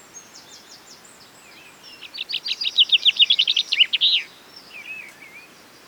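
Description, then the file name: Common chaffinch delivering one song: thin introductory notes, then a rapid descending rattle of bright notes ending in a short flourish, followed by faint soft calls. "Fringilla coelebs"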